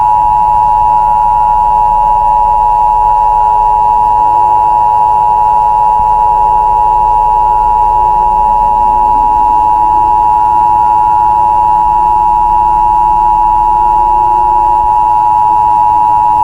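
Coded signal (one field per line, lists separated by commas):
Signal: Emergency Alert System (SAME) tones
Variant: 853 and 960 Hz attention tone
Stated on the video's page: Simulated EAS scenario.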